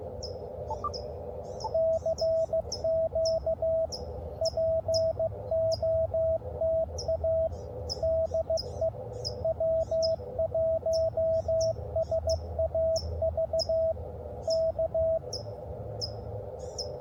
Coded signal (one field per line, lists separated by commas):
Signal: Morse code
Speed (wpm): 15 wpm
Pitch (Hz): 650 Hz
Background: radio noise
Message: CQ POTA DE W1SAV K